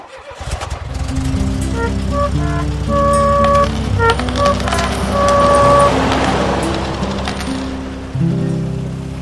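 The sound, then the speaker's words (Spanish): A car engine rumbles loudly and steadily throughout, while several short, steady horn toots sound over it at a mid pitch before the motor surges near the end. “¡Ay, qué buen carro!”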